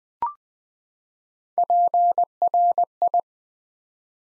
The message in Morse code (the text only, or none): PRI